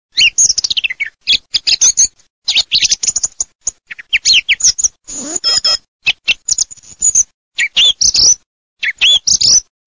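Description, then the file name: Thrush song: bright, varied phrases of sharp high chirps, delivered in short bursts separated by brief pauses throughout. "TORDOS"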